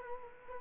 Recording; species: mosquito wingbeat signal from an infrared sensor; Culex quinquefasciatus